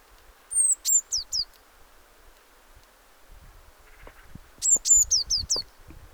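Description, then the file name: Eurasian blue tit calling with high thin notes and short trills in two bursts, with faint low rumbling and knocks in between. "Cyanistes caeruleus"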